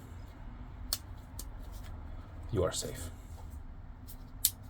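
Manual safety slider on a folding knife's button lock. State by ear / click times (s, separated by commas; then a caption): seated / 4.5 s. Someone talks while the manual safety slider on the button lock of a steel-handled CJRB Large Pyrite Light folding knife is engaged to block the blade. Faint sharp ticks come at 0.9 s and 1.4 s, and the safety locks on with a crisp, positive click at 4.5 s.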